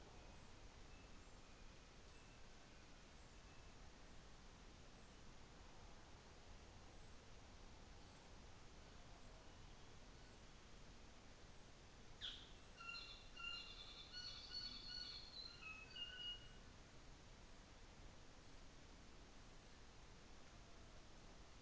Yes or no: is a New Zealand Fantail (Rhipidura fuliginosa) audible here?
no